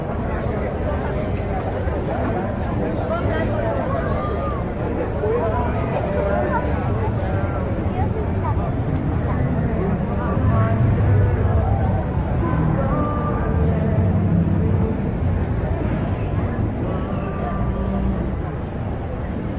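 City ambience with a steady blend of chattering voices and traffic rumble, a low hum swelling slightly around the middle, busy and continuous throughout.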